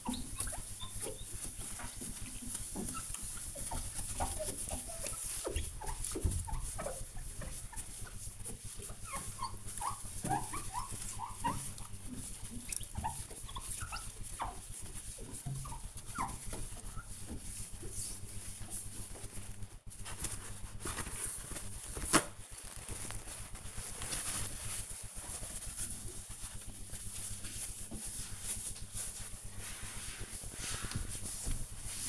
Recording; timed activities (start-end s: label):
household activities, microphone on the right wrist
0.00-32.09 s: window cleaning